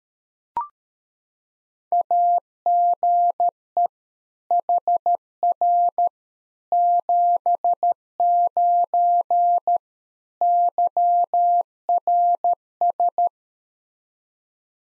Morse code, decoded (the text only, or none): AGE HR 79 YRS